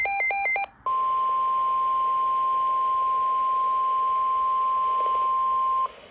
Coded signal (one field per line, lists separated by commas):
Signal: Emergency Alert System (SAME) tones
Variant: 1050 Hz attention tone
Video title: Severe Thunderstorm Warning (EAS #27)